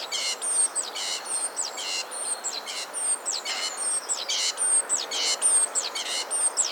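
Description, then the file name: Great tit giving repeated calls: thin high slurred notes alternating with rasping buzzy bursts, a steady rhythm over the whole stretch. "Parus major"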